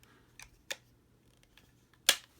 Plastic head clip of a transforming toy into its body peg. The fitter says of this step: can hear a click